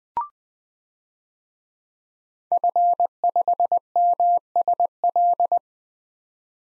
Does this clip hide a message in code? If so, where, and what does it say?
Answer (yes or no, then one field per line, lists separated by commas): yes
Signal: Morse code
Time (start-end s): 2.5-5.6 s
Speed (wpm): 20 wpm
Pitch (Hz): 700 Hz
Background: none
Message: F5MSL